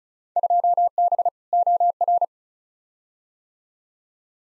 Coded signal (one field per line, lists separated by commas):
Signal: Morse code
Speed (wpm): 36 wpm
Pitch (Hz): 700 Hz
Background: none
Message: 2B OR